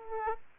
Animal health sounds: mosquito wingbeat signal from an infrared sensor; Aedes aegypti

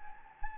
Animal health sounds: mosquito wingbeat signal from an infrared sensor; Anopheles gambiae

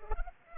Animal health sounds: mosquito wingbeat signal from an infrared sensor; Culex pipiens

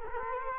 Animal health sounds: mosquito wingbeat signal from an infrared sensor; Culex quinquefasciatus

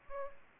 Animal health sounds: mosquito wingbeat signal from an infrared sensor; Aedes aegypti

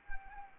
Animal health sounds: mosquito wingbeat signal from an infrared sensor; Anopheles arabiensis

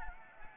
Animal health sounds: mosquito wingbeat signal from an infrared sensor; Anopheles gambiae

